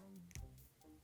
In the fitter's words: and that click what's happening there is it's